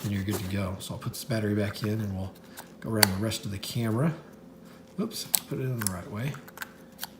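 Someone talks while reinserting the removable rechargeable battery into the bottom battery compartment of a GoPro Hero 5 Black action camera after a brief fumble. A few short, sharp handling taps are heard near the end. The battery has not yet seated or clicked into place.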